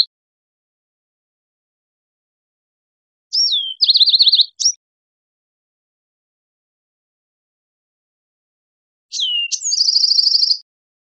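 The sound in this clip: Bewick's wren song: two phrases, each a descending slurred whistle followed by a fast buzzy trill, about six seconds apart, with silence between.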